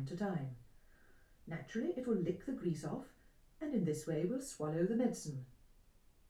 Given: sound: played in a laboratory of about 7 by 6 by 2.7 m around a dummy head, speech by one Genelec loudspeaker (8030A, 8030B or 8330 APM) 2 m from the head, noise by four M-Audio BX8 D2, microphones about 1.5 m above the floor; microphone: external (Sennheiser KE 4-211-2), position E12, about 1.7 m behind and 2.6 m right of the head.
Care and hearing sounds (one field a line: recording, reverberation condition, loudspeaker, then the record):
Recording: female speech in English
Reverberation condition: low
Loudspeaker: behind (180 degrees)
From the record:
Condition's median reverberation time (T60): about 310 ms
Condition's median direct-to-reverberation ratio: about 3.5 dB